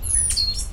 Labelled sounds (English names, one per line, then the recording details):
Stitchbird song
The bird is a male
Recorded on Tiritiri Matangi Island, New Zealand, in 2005
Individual 10, of nest box 12